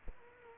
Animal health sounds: mosquito wingbeat signal from an infrared sensor; Culex quinquefasciatus

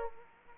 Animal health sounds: mosquito wingbeat signal from an infrared sensor; Aedes aegypti

